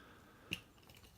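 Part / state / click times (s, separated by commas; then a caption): action figure gun into figure's hand / not seated / none. A toy gun for a Megatron action figure is pressed toward the figure's hand to see whether it locks in place. One sharp plastic tap is heard at 0.5 s, followed by two faint ticks near 0.9 and 1.0 s. The gun does not lock into the hand, and nothing has seated or clicked.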